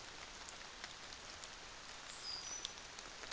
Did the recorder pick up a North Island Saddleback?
no